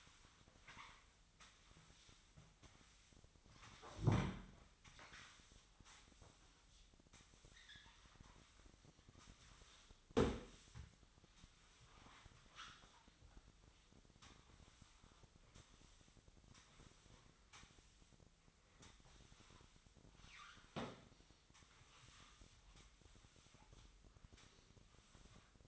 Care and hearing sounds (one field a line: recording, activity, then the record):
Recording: daily activity, microphone in the room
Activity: sweep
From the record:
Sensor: 3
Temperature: 24.8 degrees Celsius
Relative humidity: 38.3%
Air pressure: 1003.1 hPa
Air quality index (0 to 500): 196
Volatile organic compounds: 6 ppm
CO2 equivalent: 1913 ppm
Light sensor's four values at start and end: 15/36/15/16 and 16/38/16/17